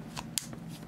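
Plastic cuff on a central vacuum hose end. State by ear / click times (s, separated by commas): seated / 0.4 s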